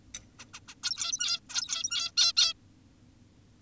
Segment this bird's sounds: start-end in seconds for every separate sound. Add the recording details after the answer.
0.39-0.46, 0.54-0.60, 0.68-0.75, 0.84-1.40, 1.50-2.12, 2.17-2.33, 2.37-2.54. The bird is an adult. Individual g17y2U